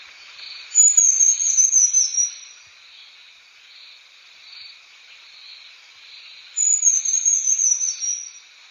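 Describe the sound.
Nepal wren-babbler calls: two long, thin, high-pitched whistles that slide slightly downward, about six seconds apart, with a continuous pulsing insect drone beneath.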